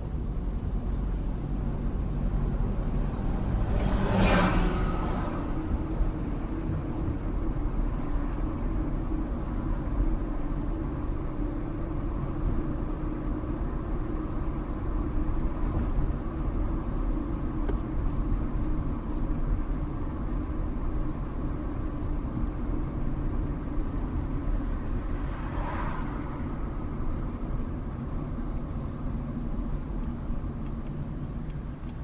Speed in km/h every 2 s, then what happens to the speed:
26, 32, 34, 34, 34, 35, 35, 34, 32, 32, 31, 31, 29, 29, 24, 15.
0-2 speeds up to 32. 2-26 steady at about 32. 26-32 slows to 15.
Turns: none.